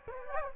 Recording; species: mosquito wingbeat signal from an infrared sensor; Culex quinquefasciatus